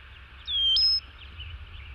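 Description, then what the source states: Cowbird whistle: a thin high note that slurs down, then steps sharply upward and holds briefly. Played on air; a very common bird now found everywhere, once following grazing cows to eat the insects they scare up.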